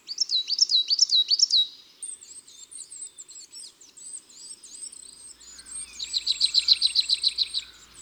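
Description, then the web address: Coal tit song: several high two-note phrases at the start, followed by varied high twittering and a fast high trill toward the end. Recorded in March. "Mars La Mesange noire. les-4-saisons-des-chants-doiseaux"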